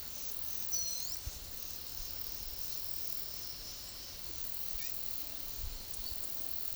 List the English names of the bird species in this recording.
Smooth-billed Ani, White-lored Euphonia